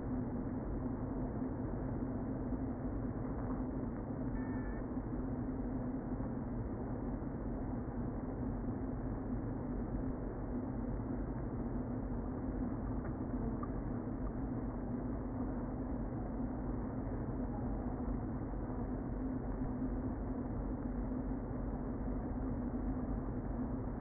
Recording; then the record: honeybee colony, microphone inside the hive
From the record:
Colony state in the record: queen present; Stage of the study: before two queens were removed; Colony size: about 60,000 bees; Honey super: yes